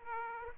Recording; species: mosquito wingbeat signal from an infrared sensor; Aedes aegypti